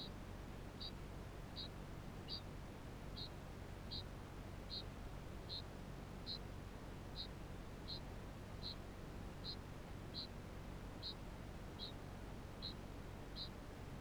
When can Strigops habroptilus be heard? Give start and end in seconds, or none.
0.00-14.01